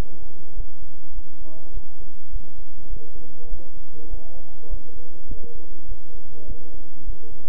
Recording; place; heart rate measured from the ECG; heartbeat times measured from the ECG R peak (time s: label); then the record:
heart sounds by stethoscope; between the tricuspid and mitral areas; 102 bpm
0.54 s: heartbeat
1.13 s: heartbeat
1.72 s: heartbeat
2.31 s: heartbeat
2.87 s: heartbeat
3.48 s: heartbeat
4.08 s: heartbeat
4.68 s: heartbeat
5.27 s: heartbeat
5.87 s: heartbeat
6.46 s: heartbeat
7.04 s: heartbeat
From the record:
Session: bicycle stress test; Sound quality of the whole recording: good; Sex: male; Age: 26 years